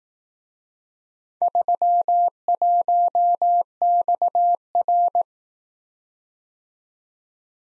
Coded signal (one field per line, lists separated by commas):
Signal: Morse code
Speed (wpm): 18 wpm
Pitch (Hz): 700 Hz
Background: none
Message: 31XR